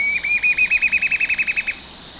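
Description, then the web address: Curve-billed scythebill song: a rapid, even series of many clear notes at nearly one pitch over about 1.5 seconds, with steady insect hum behind. Eastern lowlands of South America. "Natures Songs S America Eastern Lowlands 287-03 Campylorhamphus procurvoides, song"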